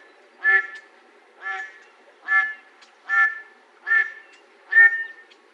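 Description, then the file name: Mallard giving a series of six loud, nasal quacks, spaced a little under a second apart. "MALL 3"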